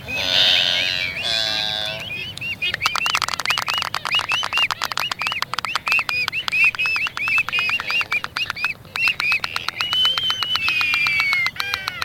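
Albatross with two harsh braying notes, then a long rattle of bill clacks interwoven with short whining calls and a final drawn-out whistle.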